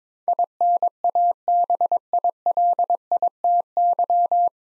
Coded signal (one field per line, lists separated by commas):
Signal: Morse code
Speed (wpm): 22 wpm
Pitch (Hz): 700 Hz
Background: none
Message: INABILITY